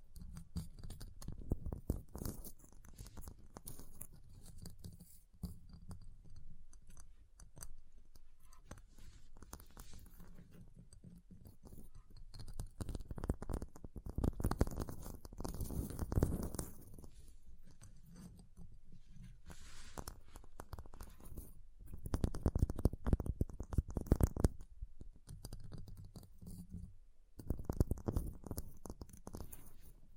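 Ice is tapped, scratched and carved in uneven bursts of crunchy scraping, with louder gritty clusters around 14–16 and 22–25 seconds.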